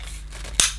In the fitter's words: There we are, so that's clicked in,